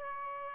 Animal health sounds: mosquito wingbeat signal from an infrared sensor; Aedes albopictus

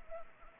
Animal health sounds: mosquito wingbeat signal from an infrared sensor; Anopheles gambiae

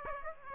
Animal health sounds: mosquito wingbeat signal from an infrared sensor; Aedes aegypti

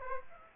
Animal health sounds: mosquito wingbeat signal from an infrared sensor; Aedes aegypti

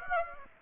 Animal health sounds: mosquito wingbeat signal from an infrared sensor; Aedes aegypti

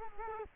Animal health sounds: mosquito wingbeat signal from an infrared sensor; Culex quinquefasciatus

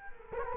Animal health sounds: mosquito wingbeat signal from an infrared sensor; Culex quinquefasciatus

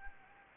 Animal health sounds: mosquito wingbeat signal from an infrared sensor; Anopheles gambiae

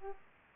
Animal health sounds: mosquito wingbeat signal from an infrared sensor; Aedes aegypti

